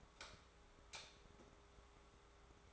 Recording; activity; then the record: daily activity, microphone in the room; light off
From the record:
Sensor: 3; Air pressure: 1010.2 hPa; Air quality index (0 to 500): 166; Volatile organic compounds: 9 ppm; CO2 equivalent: 2176 ppm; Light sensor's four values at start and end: 51/128/56/62 and 49/122/53/59